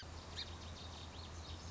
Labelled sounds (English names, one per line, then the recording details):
Song Sparrow
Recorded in Sonoma County, California